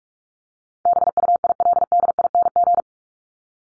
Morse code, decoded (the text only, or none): BUILDING